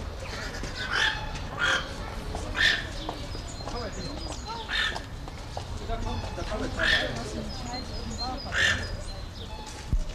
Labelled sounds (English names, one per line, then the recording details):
Toco Toucan
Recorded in captivity
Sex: pair
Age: adult
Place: Zoo Halle, Sachsen-Anhalt, DE
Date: 1991-04-06 12:17
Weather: sunny, 4-13 °C
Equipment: Marantz, Sennheiser ME 80, Kopie Tesla B 116
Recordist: Tembrock, Günter